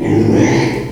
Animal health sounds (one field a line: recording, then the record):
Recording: squeal of a Yucatan mini pig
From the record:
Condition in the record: before surgery on the right vocal fold (resection and tissue-engineered implant)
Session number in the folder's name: 2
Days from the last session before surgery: 0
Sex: male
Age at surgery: 12 weeks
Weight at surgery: 13 kg